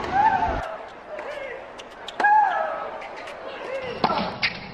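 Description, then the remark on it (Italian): Female tennis player Maria Sharapova lets out sharp, high-pitched grunts as she strikes the ball. Three loud vocal bursts, each paired with a crisp racket impact, are spaced a couple of seconds apart. “ma chi era l'uomo e chi la donna in queste grida?”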